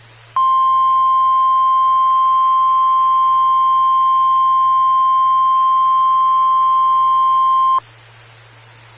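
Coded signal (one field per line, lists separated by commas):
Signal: Emergency Alert System (SAME) tones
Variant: 1050 Hz attention tone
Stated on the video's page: Morse ident of a SKYWARN repeater on 147.255 MHz.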